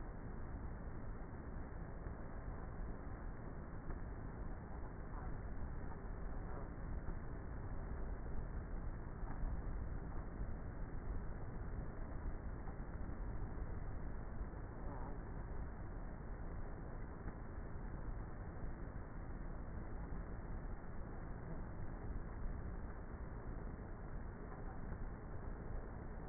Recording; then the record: honeybee colony, microphone inside the hive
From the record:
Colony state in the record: queenless with a low population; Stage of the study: before two queens were removed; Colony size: about 30,000 bees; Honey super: no